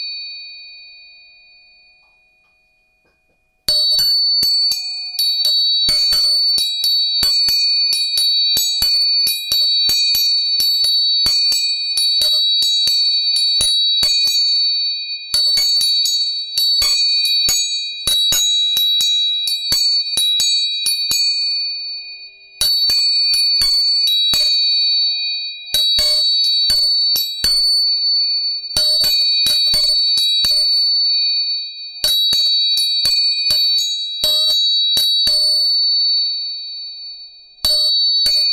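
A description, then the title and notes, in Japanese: A tuning fork rings with steady, bright high tones from about four seconds on, overlaid by rapid, dense ticking taps and brief pauses. 音叉チューニング3本。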